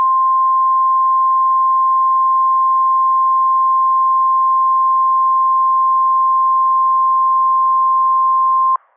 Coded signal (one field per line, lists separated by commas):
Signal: Emergency Alert System (SAME) tones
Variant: 1050 Hz attention tone